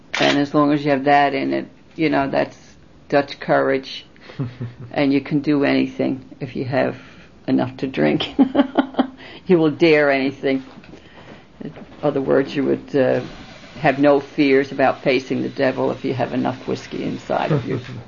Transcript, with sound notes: And as long as you have that in it, you know, that's Dutch courage, and you can do anything if you have enough to drink. ( she laughs ) You will dare anything. In other words, you would have no fears about facing the devil if you have enough whiskey inside of you.